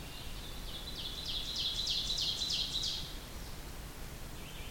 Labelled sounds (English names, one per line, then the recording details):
Ovenbird song
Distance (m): 50 m
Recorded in boreal forest in Alberta, Canada, on 2 June 2016 at 07:25
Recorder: SongMeter 3, array SBT-3-7
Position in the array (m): 80 m, 111 m
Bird 5